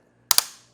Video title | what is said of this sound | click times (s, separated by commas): etrailer - Inno Aero Roof Rack Kit Installation Guide - 2024 GMC Terrain | And this is a torquing tool, so we are going to get a click out of it indicating that we've gotten it tightened down to spec. | 0.3 s